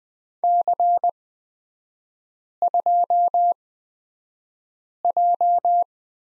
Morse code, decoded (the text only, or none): C2J